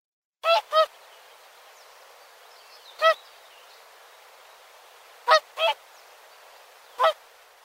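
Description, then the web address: Whooper swan honks: loud, brassy, trumpeting calls given singly or in quick doubles, separated by quiet gaps of about one and a half to two and a half seconds. Recorded in Uzbekistan. "Uzbek hayvonlar. Cygnus cygnus"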